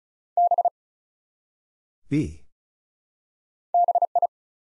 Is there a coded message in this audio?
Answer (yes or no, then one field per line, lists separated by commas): yes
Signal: Morse code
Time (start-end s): 0.4-4.3 s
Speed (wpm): 36 wpm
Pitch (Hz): 700 Hz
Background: none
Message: B BI